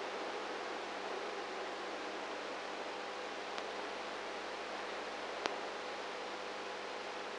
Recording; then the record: brain microelectrode recording played as sound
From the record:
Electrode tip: outside the subthalamic nucleus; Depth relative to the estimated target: -5 mm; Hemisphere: right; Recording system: NeuroSet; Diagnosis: Parkinson's disease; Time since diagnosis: 19 years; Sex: female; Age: 58 years